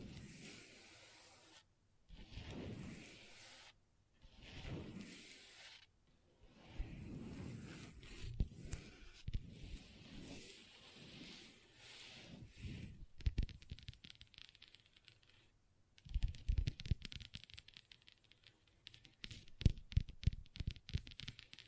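Long nails scratch across a table in rasping strokes, grouped into bursts with short pauses for about the first thirteen seconds. Then the nails switch to rapid, crisp tapping, clicking like typing, which pauses briefly and returns louder and denser until the end.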